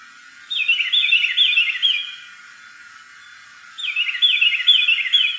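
Carolina wren song: two loud rolling phrases of rapid repeated whistled notes separated by a short pause, over faint background hiss.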